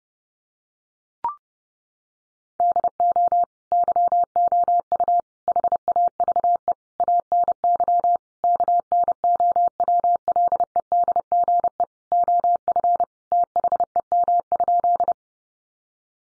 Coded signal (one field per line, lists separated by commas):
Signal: Morse code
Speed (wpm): 30 wpm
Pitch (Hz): 700 Hz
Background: none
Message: DO YOU HAVE ANY KNOWLEDGE OF THEM?